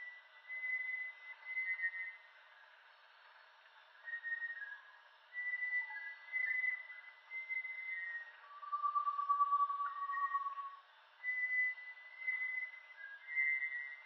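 Bartlett's tinamou whistles, drawn-out and steady, overlapping at several pitches over a soft background hiss, with one lower, longer note near the middle.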